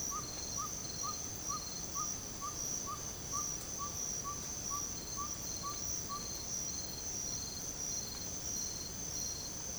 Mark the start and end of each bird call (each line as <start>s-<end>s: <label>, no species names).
0.04s-6.21s: bird call